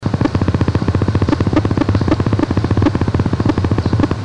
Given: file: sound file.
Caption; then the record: Sample of a train of a Pulse 2 song.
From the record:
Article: Phenotypic differentiation in love song traits among sibling species of the Lutzomyia longipalpis complex in Brazil